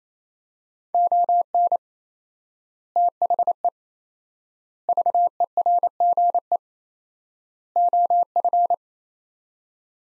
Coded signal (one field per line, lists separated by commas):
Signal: Morse code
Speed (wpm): 28 wpm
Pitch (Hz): 700 Hz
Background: none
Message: ON THE VERGE OF